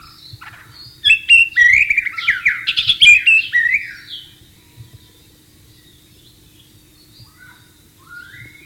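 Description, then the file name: White-rumped shama song, a fast burst of varied whistles and chattering notes for about three seconds, followed by quieter, sparse whistled phrases. Wild bird recorded in the wild. "suara burung murai batu di alam liar"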